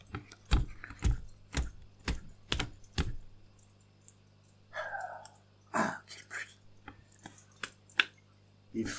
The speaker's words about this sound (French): Il bat son briquet.